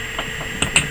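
A metal MIG welding contact tip is wiggled into the stripped threaded hole of a burner carriage, pushing straight in with no need to be screwed. Two short sharp clicks sound at 0.6 s and 0.8 s over a faint steady hum as the tip pops into place. The thread is stripped.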